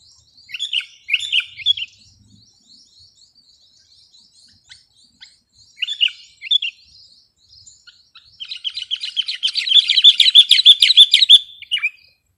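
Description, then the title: Sooty-headed bulbul song: a few short chirpy phrases in the first seconds, a pause, another brief phrase, then a long rapid bubbling chatter of high notes near the end. "kutilang"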